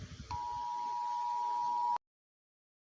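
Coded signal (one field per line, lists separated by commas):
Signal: Emergency Alert System (SAME) tones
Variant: 853 and 960 Hz attention tone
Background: speech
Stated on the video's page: Fictional EAS scenario within a Roblox horror film.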